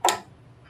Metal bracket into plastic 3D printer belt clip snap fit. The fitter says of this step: press down firmly to seat the bracket against the clip until you hear a click